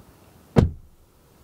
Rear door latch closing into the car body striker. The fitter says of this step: that's a big, heavy clunk, like that. Really good.